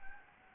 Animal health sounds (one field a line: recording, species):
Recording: mosquito wingbeat signal from an infrared sensor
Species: Anopheles gambiae